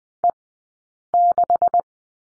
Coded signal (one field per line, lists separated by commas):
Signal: Morse code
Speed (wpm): 20 wpm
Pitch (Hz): 700 Hz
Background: none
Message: E6